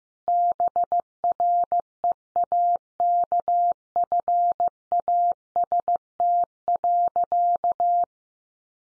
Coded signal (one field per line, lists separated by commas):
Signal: Morse code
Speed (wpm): 15 wpm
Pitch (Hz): 700 Hz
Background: none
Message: BREAKFAST.